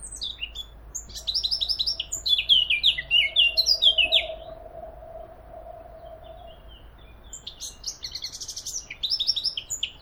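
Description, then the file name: Eurasian blackcap delivering a hurried, varied warble with bright whistled notes, pausing for a few seconds before another burst. "Sylvia atricapilla"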